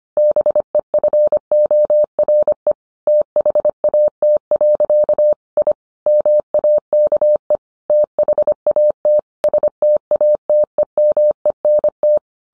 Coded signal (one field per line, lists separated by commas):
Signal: Morse code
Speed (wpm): 25 wpm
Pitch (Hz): 600 Hz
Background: none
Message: BEFORE THAT. I MAKE THAT STATEMENT